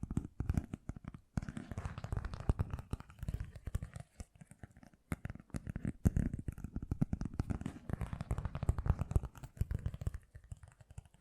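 Fast, gentle tapping runs through the whole clip as dense clusters of soft, quick taps with a low, muffled thud beneath them. Short pauses break the rhythm near 1.3, 4.5 and 10 seconds before the tapping resumes at a similar pace.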